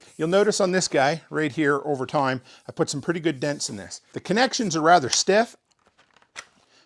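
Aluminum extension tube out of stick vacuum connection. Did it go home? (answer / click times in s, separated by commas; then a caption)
released / 6.4 s. Someone talks while handling the lightweight, dented aluminum rectangular extension tube of a Craftsman V20 cordless stick vacuum, whose connection is stiff so it won't come apart during use. After a few faint small knocks, the tube is pulled from the vacuum connection and comes free with a sharp hit at 6.4 seconds.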